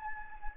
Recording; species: mosquito wingbeat signal from an infrared sensor; Anopheles gambiae